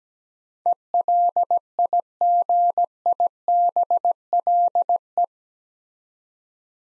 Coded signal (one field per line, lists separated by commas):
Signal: Morse code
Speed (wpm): 17 wpm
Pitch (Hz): 700 Hz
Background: none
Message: ELIGIBLE